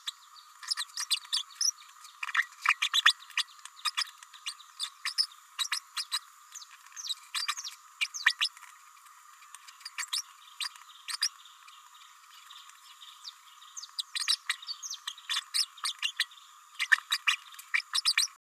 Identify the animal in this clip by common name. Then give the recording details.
Green-rumped Parrotlet. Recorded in a nest box in Venezuela. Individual 18B104A3